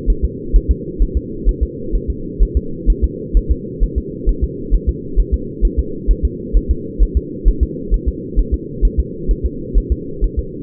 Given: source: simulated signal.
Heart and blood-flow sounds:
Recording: fetal heart sounds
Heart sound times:
0.10 s: S1
0.25 s: S2
0.56 s: S1
0.71 s: S2
1.02 s: S1
1.17 s: S2
1.49 s: S1
1.63 s: S2
1.95 s: S1
2.10 s: S2
2.42 s: S1
2.57 s: S2
2.90 s: S1
3.04 s: S2
3.37 s: S1
3.52 s: S2
3.83 s: S1
3.98 s: S2
4.29 s: S1
4.44 s: S2
4.74 s: S1
4.89 s: S2
5.20 s: S1
5.34 s: S2
5.65 s: S1
5.79 s: S2
6.11 s: S1
6.25 s: S2
6.57 s: S1
6.71 s: S2
7.03 s: S1
7.17 s: S2
7.48 s: S1
7.63 s: S2
7.94 s: S1
8.08 s: S2
8.39 s: S1
8.54 s: S2
8.85 s: S1
9.00 s: S2
9.31 s: S1
9.46 s: S2
9.78 s: S1
9.92 s: S2
10.24 s: S1
10.39 s: S2
From the record:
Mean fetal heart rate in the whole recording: 130 bpm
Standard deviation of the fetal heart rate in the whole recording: 2 bpm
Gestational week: 36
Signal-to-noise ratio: -4.3 dB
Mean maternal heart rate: 72 bpm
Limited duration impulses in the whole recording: absent

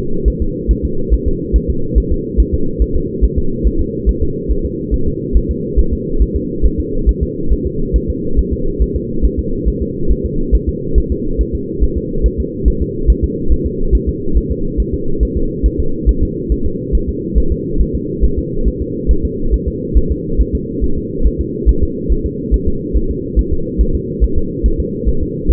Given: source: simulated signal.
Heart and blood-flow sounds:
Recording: fetal heart sounds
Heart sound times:
0.28 s: S1
0.42 s: S2
0.71 s: S1
0.85 s: S2
1.14 s: S1
1.28 s: S2
1.56 s: S1
1.70 s: S2
1.98 s: S1
2.12 s: S2
2.40 s: S1
2.54 s: S2
2.82 s: S1
2.96 s: S2
3.24 s: S1
3.38 s: S2
3.67 s: S1
3.81 s: S2
4.09 s: S1
4.23 s: S2
4.51 s: S1
4.66 s: S2
4.94 s: S1
5.08 s: S2
5.37 s: S1
5.51 s: S2
5.79 s: S1
5.93 s: S2
6.22 s: S1
6.36 s: S2
6.66 s: S1
6.80 s: S2
7.09 s: S1
7.23 s: S2
7.53 s: S1
7.67 s: S2
7.96 s: S1
8.10 s: S2
8.39 s: S1
8.53 s: S2
8.82 s: S1
8.96 s: S2
9.25 s: S1
9.39 s: S2
9.68 s: S1
9.82 s: S2
10.12 s: S1
10.26 s: S2
10.55 s: S1
10.69 s: S2
10.98 s: S1
11.12 s: S2
11.41 s: S1
11.55 s: S2
11.84 s: S1
11.97 s: S2
12.26 s: S1
12.40 s: S2
12.68 s: S1
12.82 s: S2
13.10 s: S1
13.24 s: S2
13.52 s: S1
13.66 s: S2
13.95 s: S1
14.09 s: S2
14.37 s: S1
14.51 s: S2
14.80 s: S1
14.94 s: S2
15.23 s: S1
15.37 s: S2
15.66 s: S1
15.80 s: S2
16.09 s: S1
16.23 s: S2
16.52 s: S1
16.66 s: S2
16.95 s: S1
17.09 s: S2
17.38 s: S1
17.52 s: S2
17.81 s: S1
17.95 s: S2
18.24 s: S1
18.38 s: S2
18.68 s: S1
18.82 s: S2
19.11 s: S1
19.25 s: S2
19.54 s: S1
19.68 s: S2
19.97 s: S1
20.12 s: S2
20.41 s: S1
20.55 s: S2
20.84 s: S1
20.98 s: S2
21.27 s: S1
21.41 s: S2
21.69 s: S1
21.83 s: S2
22.12 s: S1
22.26 s: S2
22.54 s: S1
22.68 s: S2
22.97 s: S1
23.11 s: S2
23.39 s: S1
23.53 s: S2
23.81 s: S1
23.95 s: S2
24.24 s: S1
24.38 s: S2
24.66 s: S1
24.80 s: S2
25.09 s: S1
25.23 s: S2
25.51 s: S1
From the record:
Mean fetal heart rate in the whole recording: 140 bpm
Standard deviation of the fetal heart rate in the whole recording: 2 bpm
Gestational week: 34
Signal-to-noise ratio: -8.1 dB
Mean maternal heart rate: 72 bpm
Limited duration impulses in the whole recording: absent

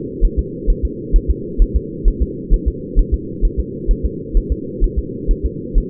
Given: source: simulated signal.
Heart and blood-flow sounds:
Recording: fetal heart sounds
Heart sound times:
0.25 s: S1
0.39 s: S2
0.70 s: S1
0.85 s: S2
1.16 s: S1
1.31 s: S2
1.62 s: S1
1.76 s: S2
2.08 s: S1
2.22 s: S2
2.53 s: S1
2.68 s: S2
2.99 s: S1
3.14 s: S2
3.45 s: S1
3.59 s: S2
3.91 s: S1
4.06 s: S2
4.37 s: S1
4.52 s: S2
4.84 s: S1
4.99 s: S2
5.31 s: S1
5.45 s: S2
5.78 s: S1
From the record:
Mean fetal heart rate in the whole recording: 130 bpm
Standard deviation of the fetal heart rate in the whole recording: 2 bpm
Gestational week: 38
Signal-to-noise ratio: -4.1 dB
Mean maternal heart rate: no maternal heart sound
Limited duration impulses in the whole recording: absent

